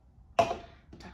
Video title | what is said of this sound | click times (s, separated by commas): Unbox & Assemble Tutorial for Spectra Pumps | you have that on you can put on your bottles you should feel a little click when it's screwed on properly | 0.4 s